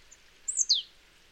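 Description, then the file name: Marsh tit call: a faint short note, then two quick high notes, the second sliding downward, against faint steady hiss. "Poecile palustris"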